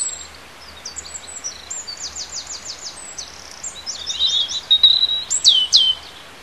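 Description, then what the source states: Bird song: high thin twittering and rapid slurred notes, ending in a few loud clear whistled sweeps, over steady background noise. Native bird in a hedgerow, recorded in March.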